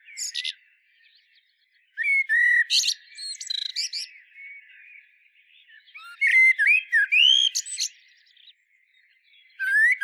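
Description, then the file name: Common blackbird: a brief high fragment, then two full phrases of low fluting whistles and sharp twitters, and a new phrase starting at the end. "Turdus merula"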